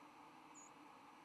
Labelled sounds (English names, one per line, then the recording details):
White-throated Sparrow flight call
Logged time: 07:49 on 10 November 2014